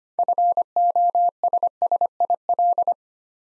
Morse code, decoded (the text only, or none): FOSSIL